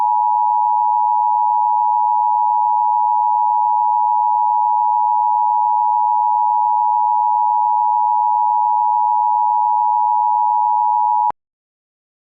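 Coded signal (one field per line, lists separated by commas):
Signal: Emergency Alert System (SAME) tones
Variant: 853 and 960 Hz attention tone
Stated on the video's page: Fictional EAS scenario tones about exploding arcade cabinets.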